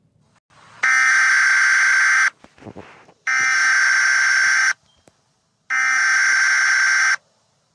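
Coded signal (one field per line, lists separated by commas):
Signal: Emergency Alert System (SAME) tones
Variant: header bursts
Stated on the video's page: Fictional EAS scenario about an eggdog invasion, not a real alert.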